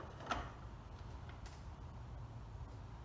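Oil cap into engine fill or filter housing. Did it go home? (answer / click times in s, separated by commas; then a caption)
yes / 0.3 s. During an oil change on a 2019-202x 1500 3.6L V6 Pentastar eTorque, a cap on the engine (the oil fill or filter housing cap) is turned down until it locks into place. A sharp click at 0.3 s stands out over a steady low background hum, with a fainter tick near 1.3 s. The cap seats and locks.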